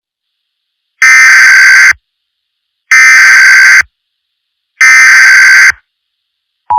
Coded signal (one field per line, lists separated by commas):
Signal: Emergency Alert System (SAME) tones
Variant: header bursts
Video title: EAS SCENARIO #2 - Hyper Weather Disaster (REMASTERED)